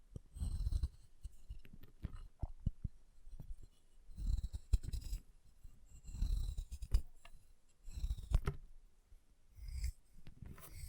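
Chalk being carved and cut, with repeated scraping strokes that come in short bursts about every one to two seconds. Each stroke has a low rough rasp under thin, bright scratchy edges, with sharp clicks and snaps between strokes and brief pauses near the end.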